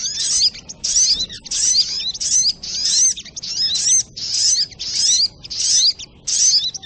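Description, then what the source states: Crimson Sunbird song, rapid high squeaky twitter bursts with rising and falling notes, about ten phrases in quick succession. Labaik song style.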